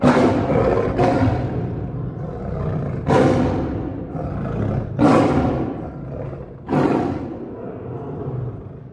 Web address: tigers